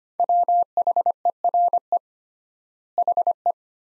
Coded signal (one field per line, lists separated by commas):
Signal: Morse code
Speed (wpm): 25 wpm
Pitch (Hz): 700 Hz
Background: none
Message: WHERE HE